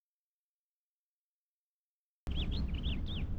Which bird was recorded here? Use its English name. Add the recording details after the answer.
House Finch. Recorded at Oceanside on Long Island, New York, on 17 June 1975. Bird A